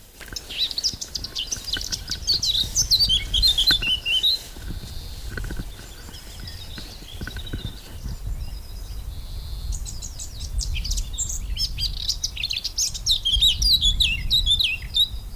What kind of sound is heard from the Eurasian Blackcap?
song